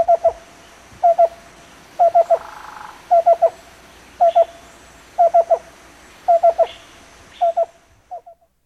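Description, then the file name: Least bittern calling: low hooting notes in clusters of three, repeated about once a second, with faint hiss behind. Marshbird survey training recording. "Least-Bittern-mmp training"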